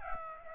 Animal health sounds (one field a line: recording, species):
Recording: mosquito wingbeat signal from an infrared sensor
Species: Aedes aegypti